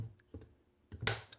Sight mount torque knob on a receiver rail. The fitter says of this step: two clicks that's all you need and the site is mounted